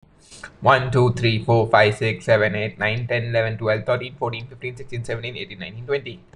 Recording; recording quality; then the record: counting at a fast pace; excellent, no background noise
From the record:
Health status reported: recovered from COVID-19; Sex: male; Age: 20 years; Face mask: not worn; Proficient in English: yes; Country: India